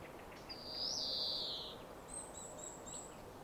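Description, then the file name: European greenfinch producing a loud, buzzy, drawn-out wheeze lasting over a second, followed by a short series of faint, very high thin notes against low hiss. "Chloris chloris"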